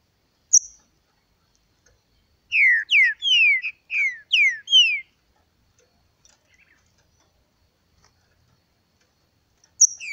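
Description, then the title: Green-winged saltator song: one phrase of several loud downslurred whistled notes in quick succession, with a high chip before and after. Bird named Nicão in the bush, singing in a contest with a free-living bird. "Trinca Ferro NICÃO No Mato Disputando Com Solto"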